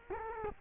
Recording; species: mosquito wingbeat signal from an infrared sensor; Culex quinquefasciatus